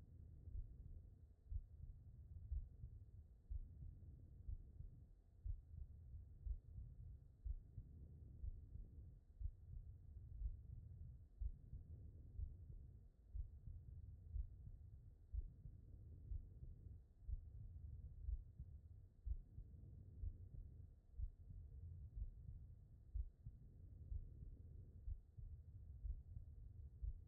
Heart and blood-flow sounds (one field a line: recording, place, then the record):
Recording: heart sounds by stethoscope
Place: aortic valve (AV)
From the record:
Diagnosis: non-HFrEF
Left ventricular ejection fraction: 56%